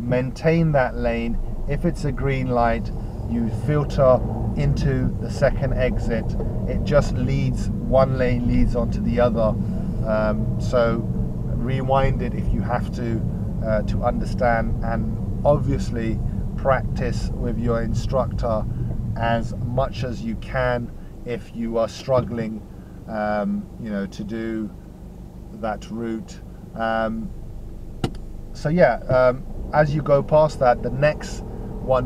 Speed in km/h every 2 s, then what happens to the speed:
5, 16, 21, 23, 21, 19, 16, 15, 13, 3, 0, 0, 0, 0, 2, 8.
0-7 speeds up to 23. 7-19 slows to 0. 19-28 standing. 28-32 pulls away to 8.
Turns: none.